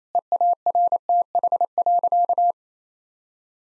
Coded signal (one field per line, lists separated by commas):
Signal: Morse code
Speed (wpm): 28 wpm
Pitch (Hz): 700 Hz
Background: none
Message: EARTH.